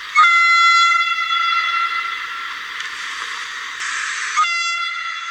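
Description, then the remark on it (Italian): A train's loud, sustained whistle blares with rich harmonic tones for several seconds over the rumble of a passing train, shifting slightly in tone before it continues. No voices are heard. “Io ho camminato a lungo tra le sbarre di ferro. Poi è arrivato un mostro fischiante e sono caduto nell'acqua.”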